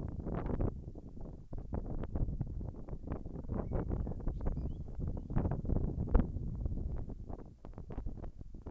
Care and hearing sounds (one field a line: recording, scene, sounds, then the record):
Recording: everyday scene through a hearing-aid microphone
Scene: wind on the microphone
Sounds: wind, whistling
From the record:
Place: in front of a rural house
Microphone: behind the ear, left, front